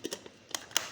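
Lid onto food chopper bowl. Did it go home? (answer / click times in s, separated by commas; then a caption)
yes / 0.6 s, 0.8 s. A plastic lid is closed onto the chopper bowl of a KitchenAid cordless hand blender, producing a short run of plastic tapping and contact sounds. Sharp clicks at 0.5 s and 0.8 s, the last one the loudest, show the lid has seated in place.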